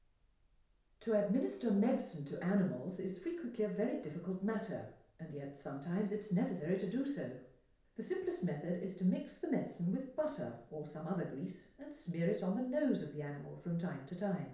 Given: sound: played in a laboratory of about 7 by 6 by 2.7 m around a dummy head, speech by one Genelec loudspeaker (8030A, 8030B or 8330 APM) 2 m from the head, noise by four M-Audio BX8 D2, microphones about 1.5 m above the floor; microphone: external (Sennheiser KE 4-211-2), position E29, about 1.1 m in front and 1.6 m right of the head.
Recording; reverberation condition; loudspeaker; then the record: female speech in English; medium; in front (0 degrees)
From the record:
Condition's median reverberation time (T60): about 510 ms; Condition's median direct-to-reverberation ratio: about -0.5 dB